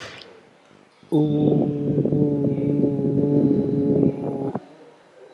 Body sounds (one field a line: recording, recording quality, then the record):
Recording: sustained vowel as in boot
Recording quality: moderate, slight background noise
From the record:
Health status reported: COVID-19 positive, moderate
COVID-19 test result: positive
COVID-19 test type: RT-PCR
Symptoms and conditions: cough, cold, loss of smell and taste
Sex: male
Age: 28 years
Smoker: no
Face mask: not worn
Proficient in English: yes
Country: India